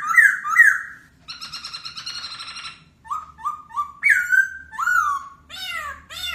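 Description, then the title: Masked laughingthrush: bird song of varied phrases: paired slurred whistles, a harsh rattling buzz, a run of short falling notes, then bright looping whistles. Local Indonesian name Poksai Hongkong; song said to captivate other birds. "Suara Poksai Hongkong Memukau Burung Yang Lain"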